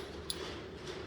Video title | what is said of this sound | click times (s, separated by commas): Handmade Custom Harley-Davidson Build Vlog Time #motovlog #chopper | Make sure it clicks into that retaining ring, | 0.3 s